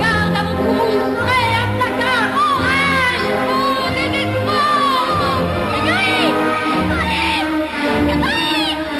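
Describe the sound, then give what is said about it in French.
A chorus of women in a 1990 advertisement shouting furiously together, their high-pitched voices overlapping in loud, rising and falling cries that continue without pause for the whole stretch. “En 1990, on pouvait voir dans une publicité des femmes crier en furie et en cœur”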